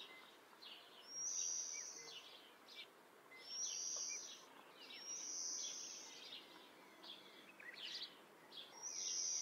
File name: See See partridge sound